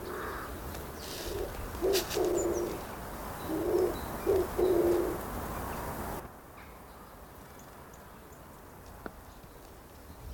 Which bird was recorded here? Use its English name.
Oriental Turtle Dove